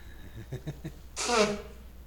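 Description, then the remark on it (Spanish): A few short catching breaths build up, then a single loud, noisy sneeze bursts out and trails off quickly. “Mientras no voy a sonar porque ya no aguanto, estoy a punto del estornudo.”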